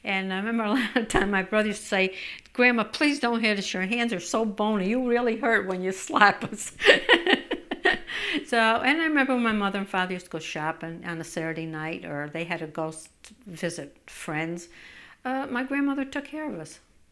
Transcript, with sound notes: And I remember a lot of times my brother used to say, "Grandma, please don't hit us. Your hands are so bony you really hurt when you slap us." ( she laughs ) And I remember my mother and father used to go shopping on a Saturday night, or if they had to go visit friends, my grandmother took care of us.